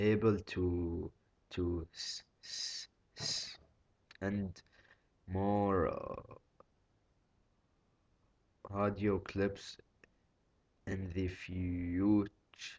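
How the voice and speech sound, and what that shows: A low-pitched adult male voice breaks a short phrase with repeated sounds ("to… to", "s… s"), stretched vowels and silent blocks lasting over two seconds. These repetitions, prolongations and blocks are typical of mid to severe stuttering.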